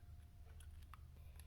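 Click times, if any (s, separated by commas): 0.9 s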